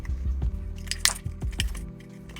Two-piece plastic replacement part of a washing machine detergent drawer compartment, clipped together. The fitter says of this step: You'll feel when it's gone in properly, nice nice big positive clicks.